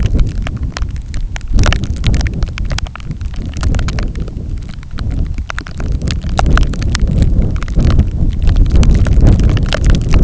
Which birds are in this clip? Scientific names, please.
none